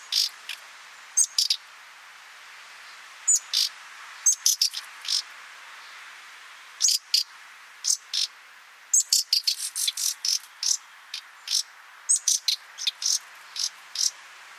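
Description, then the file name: Common nightingale calls: rapid, dense runs of rasping clicks and high ticks over a steady hiss, coming in quick uneven bursts. "Luscinia megarhynchos"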